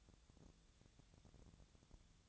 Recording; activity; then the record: daily activity, microphone in the room; take from stove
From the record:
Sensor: 3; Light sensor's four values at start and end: 7/17/7/7 and 7/17/7/7